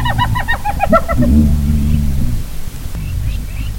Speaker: It's a sound of a hyena giggling and a contact call, what they use to announce their presence.